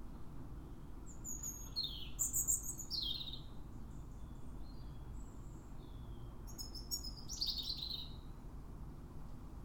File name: Erithacus rubecula